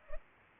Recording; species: mosquito wingbeat signal from an infrared sensor; Culex pipiens